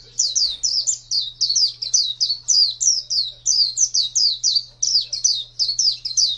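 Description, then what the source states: White-eye song: a long unbroken run of high, sweeping chirps in quick succession, over a steady low hum. White-eye (pleci) song in the style named ngalas panjang.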